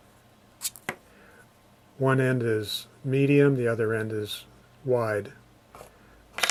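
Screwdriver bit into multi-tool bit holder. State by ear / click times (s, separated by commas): seated / 0.8 s, 0.9 s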